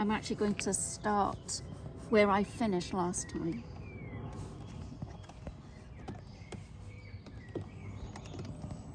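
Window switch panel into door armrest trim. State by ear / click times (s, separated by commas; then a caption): not seated / none. Someone talks at the start while refitting the illuminated window switch panel of a Subaru Solterra EV into the plastic door armrest trim, starting from the opposite end. After that, only quiet handling sounds and faint ticks are heard, near 5.5, 6.1, 6.5, 8.2 and 8.3 seconds. The panel has not yet clicked home in the trim.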